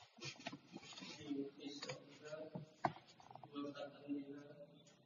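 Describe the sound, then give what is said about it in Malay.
Mechanical clicking and rattling as an electric fan is adjusted or switched off, with one sharp click standing out, while voices murmur over it. “bisa ngaren itu kipas angin dulu.”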